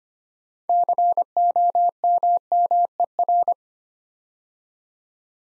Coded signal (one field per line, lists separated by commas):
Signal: Morse code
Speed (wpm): 25 wpm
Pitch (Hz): 700 Hz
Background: none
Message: COMMER